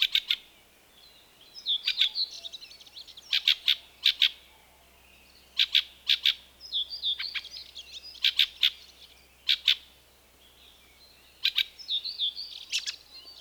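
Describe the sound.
Fieldfare song: rasping clicks in quick pairs and threes between thin, squeaky warbled snatches. The pattern repeats steadily throughout.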